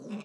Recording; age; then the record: pig call; piglet (1 to 25 days)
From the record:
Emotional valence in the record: negative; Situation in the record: long isolation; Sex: female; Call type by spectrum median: low-frequency call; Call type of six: low-frequency tonal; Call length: 0.25 s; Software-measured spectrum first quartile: 210 Hz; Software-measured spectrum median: 322 Hz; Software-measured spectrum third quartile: 935 Hz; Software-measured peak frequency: 214 Hz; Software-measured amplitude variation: 147 dB a second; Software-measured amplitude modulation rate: 16.0 a second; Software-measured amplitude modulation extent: 9.2 dB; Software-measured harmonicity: 7.5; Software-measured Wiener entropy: -0.88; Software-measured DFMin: 1082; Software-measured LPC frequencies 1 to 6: 2580, 3751, 5301, 6177, 7713, 9083 Hz